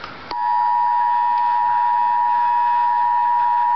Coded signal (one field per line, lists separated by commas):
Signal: Emergency Alert System (SAME) tones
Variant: 853 and 960 Hz attention tone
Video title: Real EAS Alert #7 - Tornado Warning